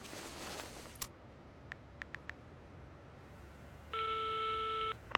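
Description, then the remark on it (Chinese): A few soft, quick taps, then a single steady telephone ringback tone sounds for about a second while a call to a family member at home goes through. The tone is even and buzzy, with no one speaking. “哎，不，你先给二宝打个电话问问。”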